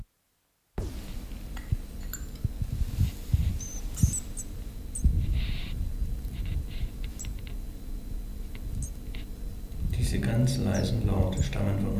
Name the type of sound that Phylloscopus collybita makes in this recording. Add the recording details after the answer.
begging call. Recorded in captivity. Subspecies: collybita. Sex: group. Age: juvenile. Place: Zoologisches Institut Universität Tübingen, Baden-Württemberg, DE. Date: 1965-06-21. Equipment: Nagra III PH, MD 421, LGS26. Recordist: Schneider, Hans-Joachim. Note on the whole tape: Sperrlaute am 27. u. 28. Tag